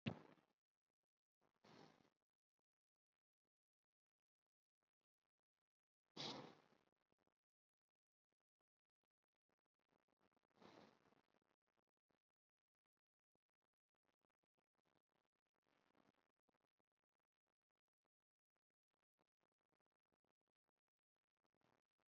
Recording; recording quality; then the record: deep breathing; poor, much background noise or distortion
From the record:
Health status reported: COVID-19 positive, mild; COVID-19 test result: positive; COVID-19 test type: RT-PCR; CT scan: not taken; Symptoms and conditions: fever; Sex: male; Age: 34 years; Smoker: no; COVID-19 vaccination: one dose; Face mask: not worn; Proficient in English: no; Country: India